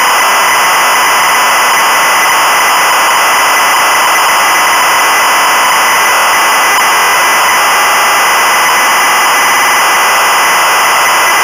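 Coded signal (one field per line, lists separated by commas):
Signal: ZX Spectrum tape loading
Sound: continuous harsh, raspy buzzing screech of cassette data loading, no lead tone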